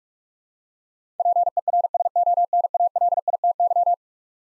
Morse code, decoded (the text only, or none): PERSONALITY